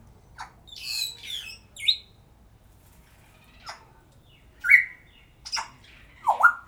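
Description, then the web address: Grey parrot calls: a few harsh squawks and whistled notes, spaced irregularly. Captive parrot recorded at a zoo in Szeged, 2011. "szegedizoo. jakopapagaj"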